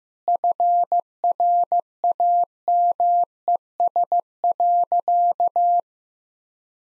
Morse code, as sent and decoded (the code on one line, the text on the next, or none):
..-. .-. .- -- . ... .-.-.-
FRAMES.